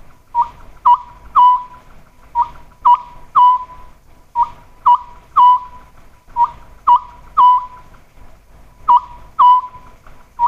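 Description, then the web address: Oriental scops owl hooting in regular three-note groups, clear whistled notes repeated again and again on a quiet background. "sikioto. konohazuku"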